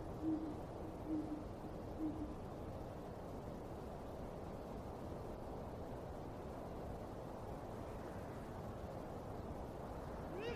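Late at night in a cemetery, an owl hoots three times in the first two seconds over a steady, low rumbling hiss that continues throughout.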